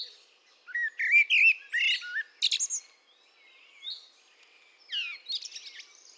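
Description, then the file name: Eurasian blackbird song, a few low fluty warbled notes that break into high squeaky twittering, then a softer second phrase ending in scratchy chatter. "Turdus merula"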